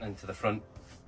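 A swivel cabin seat in the cab of a 2024 Wingamm City Suite motorhome is being turned back toward its front-facing travel position while someone talks. Nothing has clicked or locked into the detent yet; the seat is only being handled.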